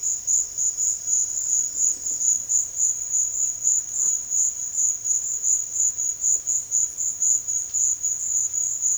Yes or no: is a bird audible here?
no